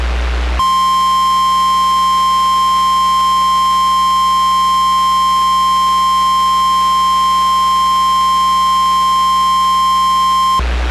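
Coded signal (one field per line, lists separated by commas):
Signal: Emergency Alert System (SAME) tones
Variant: 1050 Hz attention tone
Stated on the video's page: Fictional EAS scenario, not a real alert; a first attempt at such a scenario, set in Australia.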